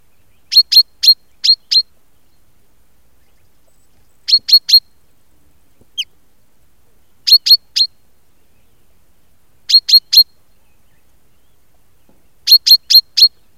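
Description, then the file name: Common chaffinch calls: short, sharp high notes in quick bursts of three to five, each burst separated by a few seconds of silence, with one thin descending note between. "Fringilla coelebs"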